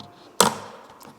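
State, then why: Seated. Inside an EV wall charger, plastic wire-retaining clamp levers are pressed down until they snap shut, leaving the wiring secure. One loud, sharp snap lands at 0.4 s with a short decaying tail over a quiet background, and a faint tick follows near the end.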